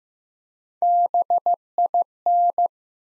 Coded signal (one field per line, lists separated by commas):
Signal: Morse code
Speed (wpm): 15 wpm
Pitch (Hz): 700 Hz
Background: none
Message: BIN